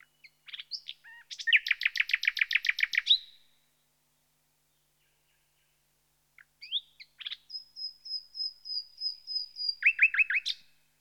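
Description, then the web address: Common nightingale song: two phrases, each opening with soft notes and building into fast rapid-fire repeated chirps, one with a long sustained whistled tone before a final trill, separated by silence. "The BBC Sound Effects Library. Nightingale"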